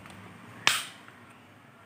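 A plastic front bezel bracket, taken from the original DVD drive of a Lenovo ThinkPad laptop, is pressed onto an HDD caddy. A single sharp, bright click at 0.7 s stands out above faint background noise, with a tiny tick near 1.1 s. The bracket is seated and installed on the caddy.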